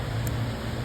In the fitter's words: and plug the electrical connector back in so you can hear it snap.